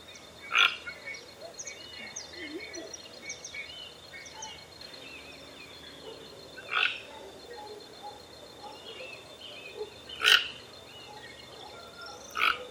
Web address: Ramphastos toco. صدای-پرنده-توکان-منقاردار